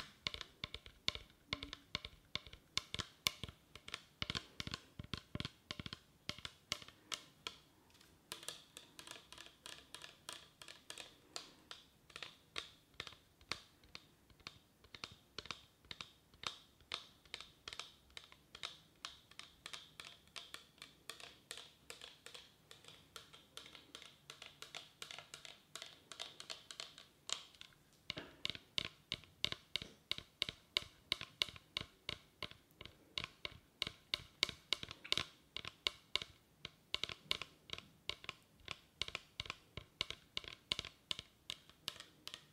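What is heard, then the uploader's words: Rapid tapping runs through the whole recording, sharp clicky strokes arriving in dense, uneven bursts much like typing on a keyboard. The strikes are bright and crisp, slightly thinner in the middle stretch, then turn more evenly spaced and regular after about 28 seconds. Tapping.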